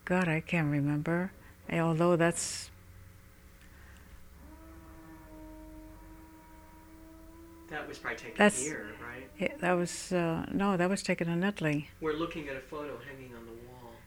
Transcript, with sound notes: God, I can't remember. Although that's... ( creaking noise is heard in the background on the tape )
That was probably taken here, right?
No, that was taken in Italy.
We're looking at a photo hanging on the wall.